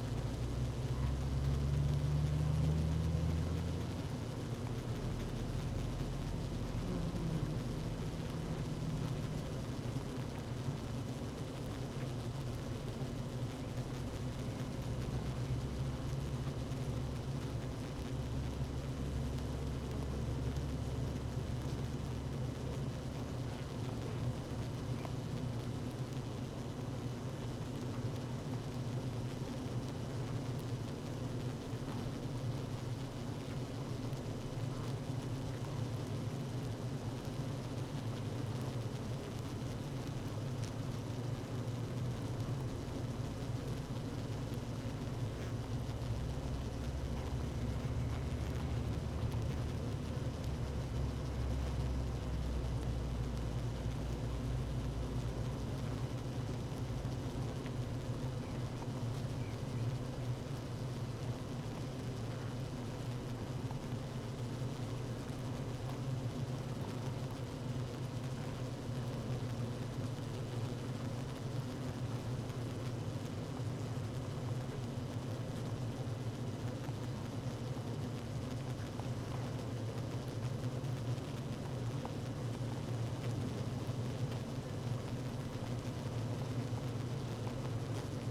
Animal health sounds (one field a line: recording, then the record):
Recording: honeybee colony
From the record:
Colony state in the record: active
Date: 12 June 2018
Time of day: 16:43